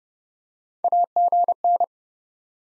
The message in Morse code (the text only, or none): AGN